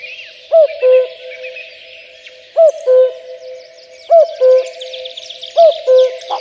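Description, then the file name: Common cuckoo giving its two-note cu-coo, the first note higher, four times, over a busy chorus of small songbirds. "kakukk hangja"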